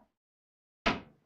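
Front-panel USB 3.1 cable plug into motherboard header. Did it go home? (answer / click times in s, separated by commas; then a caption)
yes / 0.9 s. A front-panel USB 3.1 (Type-C) cable plug is pushed onto its motherboard header. After a faint sound at the very start and near silence, a single sharp click at 0.9 s rings out briefly and decays, and the connector is seated.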